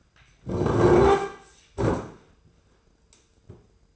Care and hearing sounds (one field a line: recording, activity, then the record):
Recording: daily activity, microphone in the room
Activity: sit down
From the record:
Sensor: 2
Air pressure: 995.8 hPa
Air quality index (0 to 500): 242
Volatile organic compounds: 1000 ppm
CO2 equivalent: 5974 ppm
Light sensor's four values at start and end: 26/60/28/30 and 28/66/29/32